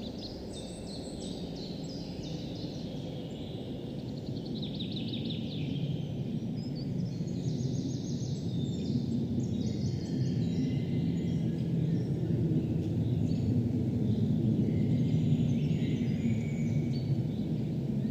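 Wind rushes steadily through forest leaves in a dense low roar that slowly builds, while small birds chirp and trill in quick bright bursts above.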